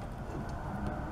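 A stripped, straightened wire is handled and pushed toward the port of a push-in wire connector. Only low, steady handling noise is heard, with no distinct click or thump. Nothing has seated or clicked yet, and the wire is not yet home.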